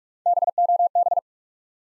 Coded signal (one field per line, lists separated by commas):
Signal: Morse code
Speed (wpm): 46 wpm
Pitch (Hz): 700 Hz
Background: none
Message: BOB